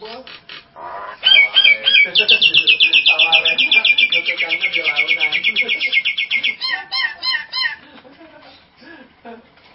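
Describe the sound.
Nias hill myna song with chattering notes building into a long rapid trill of bright pulses gently falling in pitch, ending in squawky phrases and soft mutters.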